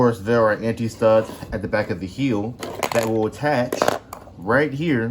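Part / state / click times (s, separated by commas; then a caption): brick heel piece onto the robot leg studs / not seated / none. Someone talks while handling a plastic toy-brick heel piece, lining up the anti-studs on its back with the studs on a robot leg where another part used to sit. Faint plastic handling sounds are heard under the speech. Nothing has seated or clicked yet.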